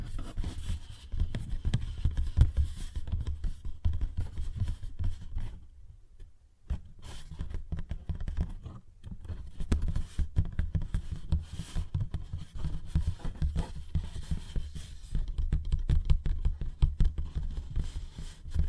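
Fingers tap and scratch on a paper bag in quick, uneven bursts of dry clicks and rustles, with a dull low thump underneath. The activity runs almost continuously, pausing briefly around six and nine seconds before resuming at a similar busy pace.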